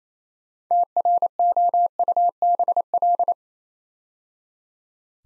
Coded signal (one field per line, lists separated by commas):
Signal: Morse code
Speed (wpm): 29 wpm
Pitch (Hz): 700 Hz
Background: none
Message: TROUBL